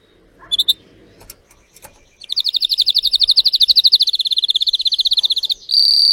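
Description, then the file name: Canary (Spanish Timbrado): canary song: a few scattered chips, then a loud, rapid rolling trill for about three seconds, switching to a smoother buzzy tone at the end. Song of a Spanish Timbrado canary, called 'canário belga' in the Portuguese source. "canto do canario belga timbrado espanhol"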